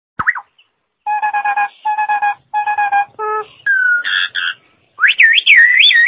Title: Jalak Nias